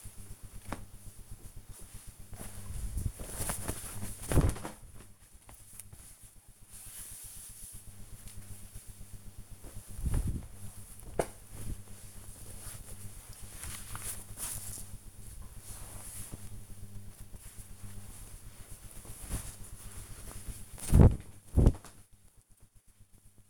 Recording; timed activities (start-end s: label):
household activities, microphone on the right wrist
0.00-2.50 s: folding laundry
4.50-14.58 s: folding laundry
20.63-23.50 s: folding laundry